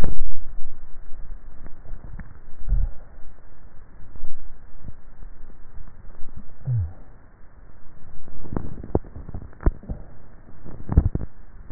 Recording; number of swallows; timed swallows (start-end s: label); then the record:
swallowing sounds by neck microphone; 1
1.98-2.65 s: swallow
From the record:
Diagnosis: dysphagia